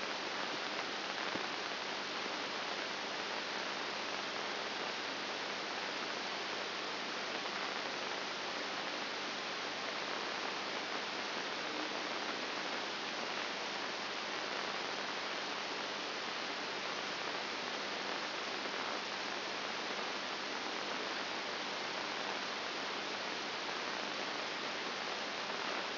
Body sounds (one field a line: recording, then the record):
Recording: brain microelectrode recording played as sound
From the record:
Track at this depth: outside the subthalamic nucleus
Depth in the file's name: 0.304 mm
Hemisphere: right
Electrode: 2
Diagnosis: Parkinson's disease